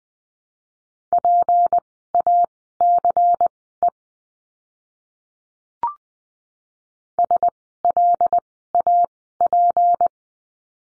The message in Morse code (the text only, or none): PACE SLAP